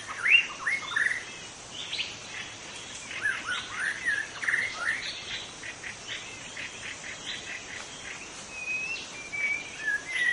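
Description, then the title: White-rumped shama singing swooping whistles and fast twitters in the first half, then sparser notes and a soft whistle later, against a steady droning hiss. Singing in forest; called murai batu hutan (forest white-rumped shama) in Indonesian. "Suara burung murai batu hutan"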